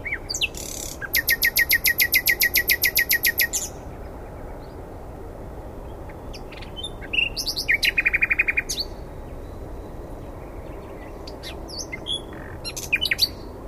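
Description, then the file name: Common nightingale song: a long fast trill of repeated notes, then quieter varied phrases with a short low buzzy trill, and scattered clicks. "Luscinia megarhynchos"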